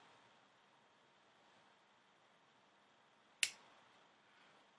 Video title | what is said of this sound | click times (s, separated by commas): Waffenhandhabung mit dem Wort SÖSLE beim System Mauser 98 für eine erfolgreiche Jagdscheinprüfung | hoffe man hat das klicken gehört die | 3.4 s